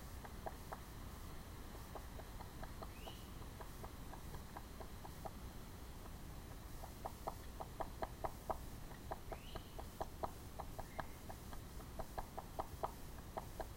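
Red-bellied woodpecker calling in steady bursts of brief, sharp notes repeated quickly, broken by a short pause, with a few high upslurred whistles over a low rumbling background.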